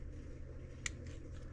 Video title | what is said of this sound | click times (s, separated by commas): The piston and the paper | I might be able to do one more click to get it really seated in there nice. | 0.9 s